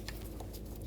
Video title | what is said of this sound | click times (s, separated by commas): How to Replace Intake Gaskets 2000-06 GMC Yukon | Just make sure it locks in place. | 0.1 s